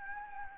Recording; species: mosquito wingbeat signal from an infrared sensor; Anopheles gambiae